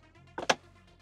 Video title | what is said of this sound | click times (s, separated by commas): The ULTIMATE Rear Screen Display Mod for your Model Y or Model 3 - The H86 Hansshow | you can hear little snap noises once that comes off | 0.4 s, 0.5 s